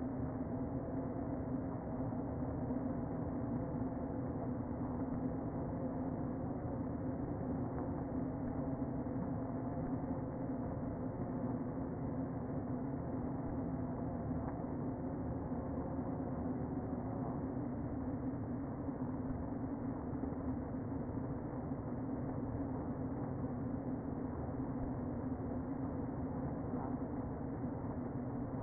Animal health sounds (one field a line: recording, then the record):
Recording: honeybee colony, microphone inside the hive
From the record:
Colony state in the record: queen present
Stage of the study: before two queens were removed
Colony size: about 60,000 bees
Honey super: yes